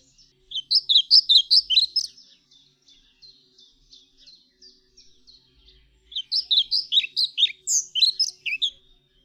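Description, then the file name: European pied flycatcher giving two rapid, jangling song phrases of high notes, separated by several seconds of soft, thin call notes. "Mucholowka zalobna"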